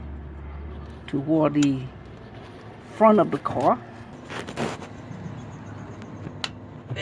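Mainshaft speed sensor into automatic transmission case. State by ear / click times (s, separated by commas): seated / 6.4 s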